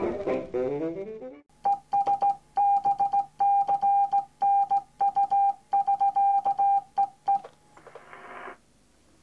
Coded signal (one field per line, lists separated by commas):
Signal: Morse code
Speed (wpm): 16 wpm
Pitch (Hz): 800 Hz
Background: radio noise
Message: ES BCNU <SK> EE